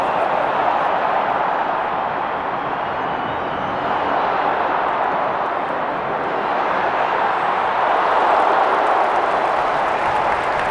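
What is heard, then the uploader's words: A packed football stadium crowd fills the air with a dense, continuous roar of many voices blended together. The sound stays steady and full throughout, centred in the midrange, with a slight swell in intensity near the end. Live Football Stadium | Ambience. Sound Recorded at Wembley.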